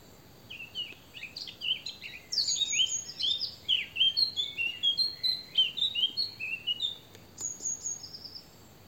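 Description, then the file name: Eurasian blackcap song: a long run of quick, varied warbled notes rising and falling, with thin high whistles laced above throughout. "Sylvia atricapilla"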